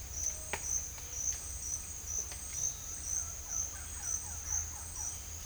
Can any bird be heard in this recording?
yes